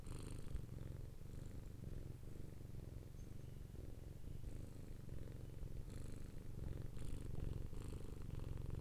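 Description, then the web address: Cat purring, a steady low rumble with faint airy breaths at intervals. "animals cats lrocio. cat purring"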